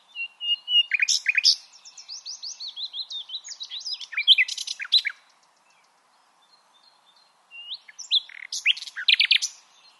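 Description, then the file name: Common nightingale song: rapid chattering notes and slurred whistles in a long phrase, about two seconds of quiet, then another burst of sharp repeated notes. "Luscinia megarhynchos"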